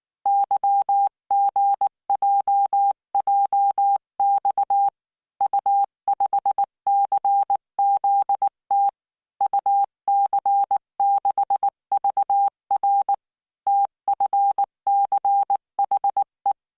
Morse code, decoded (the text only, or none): YGJJX U5CZT UC6VR TFCHE